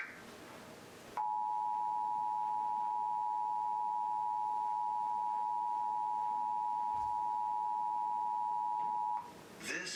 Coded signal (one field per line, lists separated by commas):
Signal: Emergency Alert System (SAME) tones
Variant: 853 and 960 Hz attention tone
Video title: National EAS Test - 10/4/2023